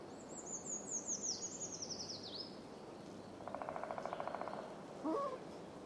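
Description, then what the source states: Woodpecker drumming, a fast even roll of about a second, following a high descending songbird series at the start and a short chirp afterwards. Woodpeckers drumming on tree trunks shortly after dawn in a very calm forest, Fermansbo Urskog Nature Reserve.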